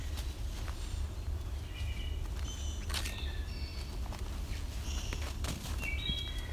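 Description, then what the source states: Wood thrush song: short, clear phrases at mid to high pitch with pauses between them, over steady low rumbling and a few soft rustles and taps. Heard in old growth forest, below the old growth canopy, with a second layer of spice bush as an understory shrub.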